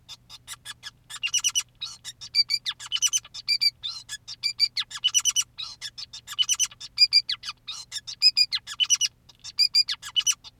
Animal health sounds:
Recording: song of a male Bengalese finch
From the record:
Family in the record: son of father 2, and himself father 5

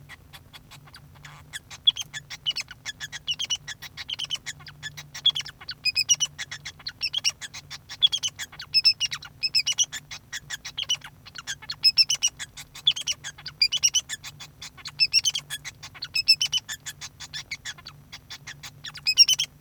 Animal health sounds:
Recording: song of a male Bengalese finch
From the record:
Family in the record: son of father 2

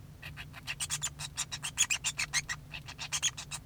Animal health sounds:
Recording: song of a male Bengalese finch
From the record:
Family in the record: son of father 2

